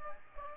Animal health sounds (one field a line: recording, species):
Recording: mosquito wingbeat signal from an infrared sensor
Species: Aedes aegypti